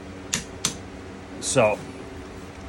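A torque wrench set to 50 is pulled on the clutch center nut of a Honda CRF450X dirt bike during a Rekluse Core EXP 3.0 / CX clutch install. Two sharp clicks are heard at 0.3 s and 0.7 s, confirming the nut is torqued to 50. Someone then talks briefly.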